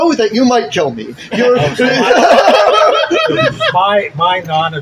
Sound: laughter